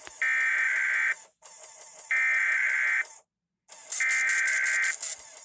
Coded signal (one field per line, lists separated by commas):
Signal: Emergency Alert System (SAME) tones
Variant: header bursts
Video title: NOW WITH 100% MORE KRET! EAS Tests from October 2023